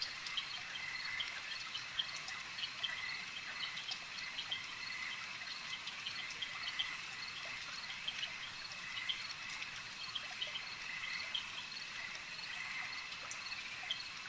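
Insect swarm makes a continuous high-pitched drone throughout, with frequent light clicks over it.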